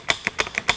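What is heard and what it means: With the speargun barrel held in one hand and the spear shaft in the other, the metal shaft is rocked back and forth in the trigger mechanism, giving sharp clicks at 0.1, 0.3, 0.4, 0.6 and 0.7 seconds, plus a fainter tick near 0.5 seconds. The shaft is firmly engaged and seated in the trigger mechanism.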